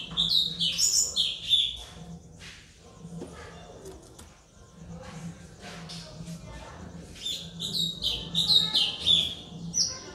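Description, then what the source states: White-rumped shama song: bursts of high, sharp whistled and chattering phrases at the start and end, with a quieter stretch between. Aggressive (galak) song used as a lure (pancingan).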